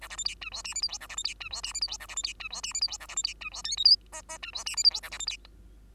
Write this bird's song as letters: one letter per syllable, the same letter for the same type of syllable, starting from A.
A B C D E F G H I J A B C D E F G H I J A B C D E F G H I J A B C D E F K L M N N E F G H I J A B C D